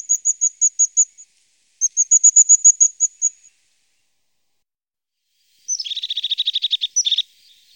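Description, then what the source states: Crested tit song: two runs of thin, very high ticking notes, then a dry buzzy purring trill with a short rattle at the end. Songbird from Germany, Austria and Switzerland.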